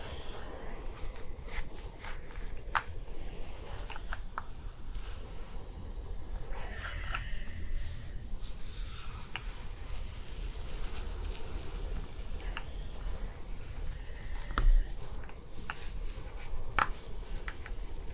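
Hair being brushed and styled gives a steady soft hiss and rustle, with brief sharp clicks and taps every few seconds, one louder near fifteen seconds.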